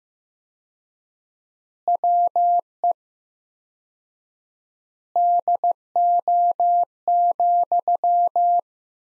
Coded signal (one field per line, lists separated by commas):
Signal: Morse code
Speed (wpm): 15 wpm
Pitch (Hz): 700 Hz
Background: none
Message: WE DO,